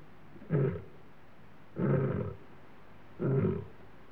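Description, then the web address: Male lion giving short, deep grunting roars, three spaced about one and a half seconds apart, over a steady low background hiss. Male lion roaring, Africa; clean recording. "BBC Sound Effects Library BBC 30-Africa - Natural World 14 Lions, Male Lion Roaring, Clean"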